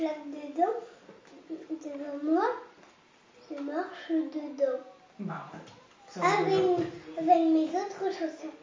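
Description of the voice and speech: A French-speaking child of about 6 to 7 years, during a speech-therapy assessment, stretches sounds at the ends of words and restarts a phrase. This is very mild developmental disfluency, confined to word endings, with no tension. It tends to appear when he is excited or eager to tell something.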